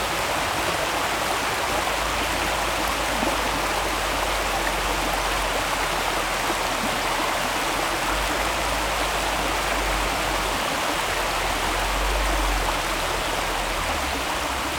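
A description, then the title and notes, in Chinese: Water rushes steadily through a channel in the woods, a dense, unbroken hiss that holds the same level from start to finish. A faint low rumble sits underneath throughout, and no distinct events break the constant flow. 澳大利亚新南威尔士州Royal National Park。Sound Collector: 林恩。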